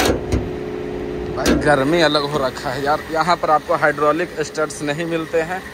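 The engine bonnet latch of a 2023 Toyota Innova Hycross GX releases with a sharp clack at 0.0 s, followed by a smaller knock at 0.3 s, and the bonnet pops open. Someone then talks over a steady background hum.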